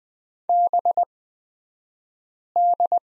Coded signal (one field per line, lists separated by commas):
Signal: Morse code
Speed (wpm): 20 wpm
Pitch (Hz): 700 Hz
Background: none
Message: BD